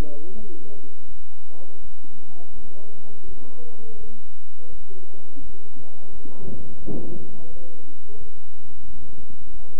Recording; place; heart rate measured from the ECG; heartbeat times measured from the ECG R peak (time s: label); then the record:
heart sounds by stethoscope; between the tricuspid and mitral areas; 85 bpm
0.35 s: heartbeat
1.08 s: heartbeat
1.81 s: heartbeat
2.53 s: heartbeat
3.25 s: heartbeat
3.98 s: heartbeat
4.69 s: heartbeat
5.41 s: heartbeat
6.12 s: heartbeat
6.82 s: heartbeat
7.50 s: heartbeat
8.18 s: heartbeat
8.85 s: heartbeat
9.51 s: heartbeat
From the record:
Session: bicycle stress test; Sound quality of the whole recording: good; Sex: male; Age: 23 years